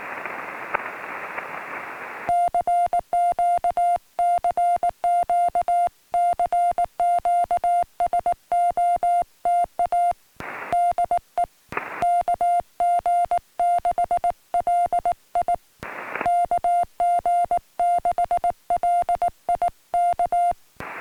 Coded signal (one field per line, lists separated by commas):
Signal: Morse code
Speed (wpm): 19 wpm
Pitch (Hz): 700 Hz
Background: music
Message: CQ CQ CQ SOTA DE KG6LI KG6LI K